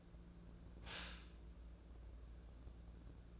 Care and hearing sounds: daily activity, microphone in the room; stop toaster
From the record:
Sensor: 2

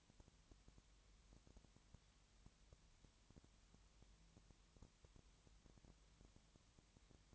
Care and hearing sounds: daily activity, microphone in the room; no activity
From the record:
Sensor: 3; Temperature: 20.6 degrees Celsius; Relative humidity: 34.7%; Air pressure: 1007.2 hPa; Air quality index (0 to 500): 137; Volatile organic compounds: 3 ppm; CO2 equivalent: 1527 ppm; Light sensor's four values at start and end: 2/3/2/2 and 2/3/2/2

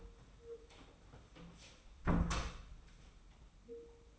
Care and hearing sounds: daily activity, microphone in the room; close door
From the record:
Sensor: 1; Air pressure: 991.6 hPa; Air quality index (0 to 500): 127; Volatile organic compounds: 333 ppm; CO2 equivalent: 4550 ppm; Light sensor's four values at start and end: 33/107/42/43 and 33/108/42/43

